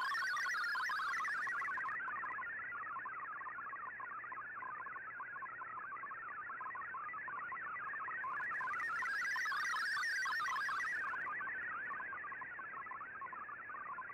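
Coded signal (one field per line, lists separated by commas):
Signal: multi-tone FSK (Olivia or MFSK type)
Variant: MFSK32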